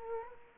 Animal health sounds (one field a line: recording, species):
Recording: mosquito wingbeat signal from an infrared sensor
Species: Culex quinquefasciatus